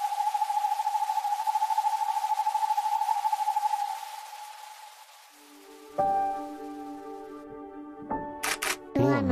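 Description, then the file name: Northern hawk-owl giving a rapid, even hooting trill at one steady pitch for about four seconds, which then fades; later come unrelated tonal hums and sharp clicks. "hiiripollon hallikainen"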